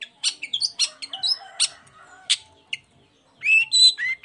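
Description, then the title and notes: Long-tailed shrike song: varied scratchy chirps and short whistled notes, then a pause and a few whistled notes at the end. Morning song with varied 'toet toet' notes, used as a lure to provoke other long-tailed shrikes into answering and singing along. "Cendet Gacor Dor Di Kala Pagi Toet Toet Variasi Suara. Pancingan Emosi Cendet Gacor Full Variasi Toet Toet Bikin Nyaut Cendet Lain Langsung Ikutan Bunyi. Burung cendet"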